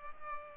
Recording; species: mosquito wingbeat signal from an infrared sensor; Culex pipiens